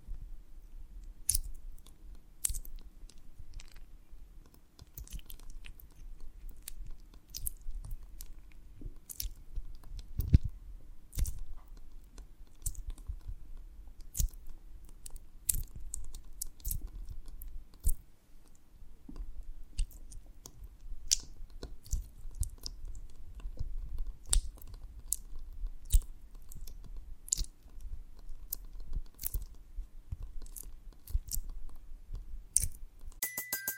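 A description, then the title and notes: Honeycomb on a branch being chewed and bitten, with frequent sharp crunching clicks and sticky crackles scattered throughout. A low steady rumble and faint hum sit underneath, with a brief bright tone near the very end. ASMR of a Honeycomb on Branch (No Talking).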